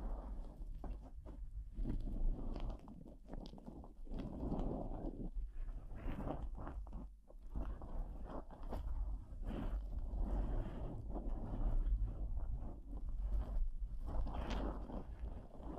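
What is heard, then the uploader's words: Plastic wrap rubs and crinkles against the mic, with a steady low rumble, irregular muffled scrapes, and sharper crackles scattered throughout. PLASTIC WRAP ON THE MIC (EXTRA TINGLY).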